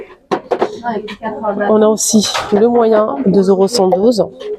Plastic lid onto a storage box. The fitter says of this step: voilà ça se clipse idée côté